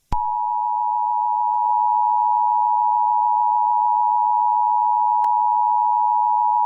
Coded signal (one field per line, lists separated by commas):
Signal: Emergency Alert System (SAME) tones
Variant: 853 and 960 Hz attention tone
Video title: Nuclear Attack EAS Scenario | Emergency Alert System | EAS Scenario | *NOT REAL*